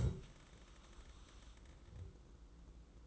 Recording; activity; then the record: daily activity, microphone in the room; stand up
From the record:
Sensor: 3